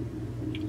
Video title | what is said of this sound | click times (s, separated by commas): Huztl Stihl ms440 bolt for bolt build! part 3 - cylinder install and some assembly | small easy mount over here click that | 0.6 s